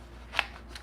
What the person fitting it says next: hear the clicking noise